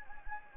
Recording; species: mosquito wingbeat signal from an infrared sensor; Anopheles gambiae